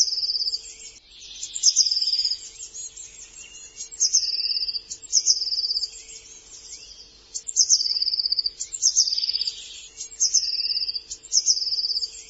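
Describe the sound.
Bird calling in repeated bouts of high chirps and rapid trilled phrases, separated by brief quieter gaps; a low constant hum sits in the background.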